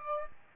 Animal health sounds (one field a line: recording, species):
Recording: mosquito wingbeat signal from an infrared sensor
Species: Aedes aegypti